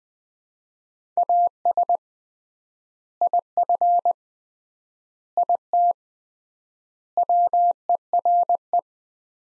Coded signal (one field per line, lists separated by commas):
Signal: Morse code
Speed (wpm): 20 wpm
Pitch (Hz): 700 Hz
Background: none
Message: AS IF IT WERE